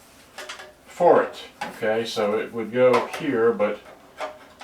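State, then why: Not seated. Someone talks while fitting a non-original battery compartment cover over the opening of a Helix portable radio cassette player, with a brief tap at 0.5 s and handling noises around the speech. The cover sits over the hole but fails to latch, and nothing has clicked into place.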